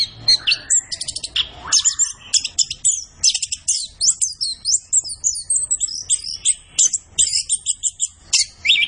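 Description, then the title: Orange-headed thrush pouring out very high, rapid chattering and squeaky notes in dense bursts, with a lower whistled slide at the start. Kept songbird singing gacor, used as masteran to train other birds in Indonesian songbird keeping (kicau mania). "Anis Kembang Gacor. Kicau Mania Masteran Anis Kembang"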